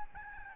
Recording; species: mosquito wingbeat signal from an infrared sensor; Aedes albopictus